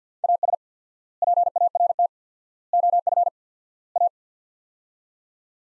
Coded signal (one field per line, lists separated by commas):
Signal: Morse code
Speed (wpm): 50 wpm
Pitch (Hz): 700 Hz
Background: none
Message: AS PART OF A